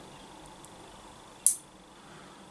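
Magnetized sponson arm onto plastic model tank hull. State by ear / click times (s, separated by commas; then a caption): seated / 1.5 s. A magnetized sponson weapon arm is brought to the hull of a plastic miniature tank. After a faint tick at 0.7 s, the magnet pulls it into place with a sharp, bright snap at 1.5 s that fades quickly over steady low background hiss. The arm is seated.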